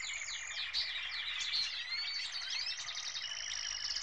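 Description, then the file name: Birds chirping together, a busy mix of high thin whistles, quick rising and falling sweeps and rapid twittering notes, continuous from start to finish. "Birds chirping and tweeting"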